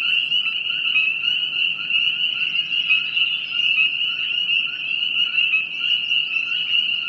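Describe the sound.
Frog: continuous shrill trilling from a mass of frogs, even and unbroken throughout.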